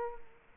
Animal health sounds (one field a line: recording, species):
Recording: mosquito wingbeat signal from an infrared sensor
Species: Culex quinquefasciatus